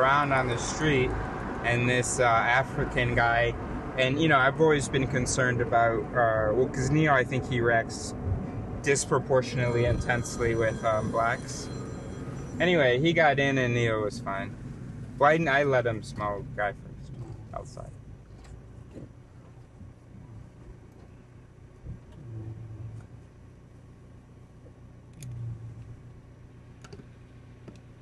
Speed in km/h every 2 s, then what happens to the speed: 41, 39, 34, 30, 28, 23, 13, 10, 6, 2, 0, 0, 0, 0.
0-17 slows to 2. 17-28 standing.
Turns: none.